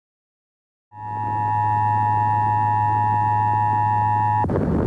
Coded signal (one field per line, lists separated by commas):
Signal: Emergency Alert System (SAME) tones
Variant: 853 and 960 Hz attention tone